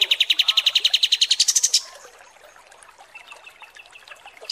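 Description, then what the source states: Striated Grassbird: kapas tembak song: a quick run of repeated notes that climbs into a shrill, higher rattle, then near quiet, ending with a sudden high note. Masteran tutoring recording of kapas tembak song.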